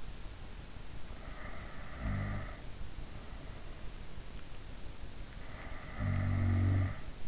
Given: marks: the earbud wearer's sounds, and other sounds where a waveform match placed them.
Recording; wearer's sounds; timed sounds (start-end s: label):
sounds in sleep by an in-ear microphone; snoring breath
1.05-2.82 s: snoring breath
5.45-7.28 s: snoring breath